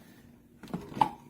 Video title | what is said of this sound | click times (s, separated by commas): Review BLACK+DECKER CM2045B-1, 12-Cup - 12-Cup, Thermal, Black and Silver | It goes in, clips back together. | 1.0 s